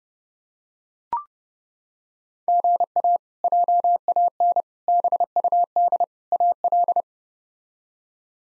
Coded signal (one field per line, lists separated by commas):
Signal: Morse code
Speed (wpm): 30 wpm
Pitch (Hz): 700 Hz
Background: none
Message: GA JAN BUD AL